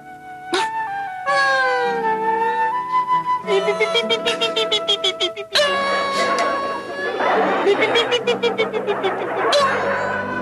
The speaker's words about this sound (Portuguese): Cara, aí do nada começa aquele lobo uivando, tem...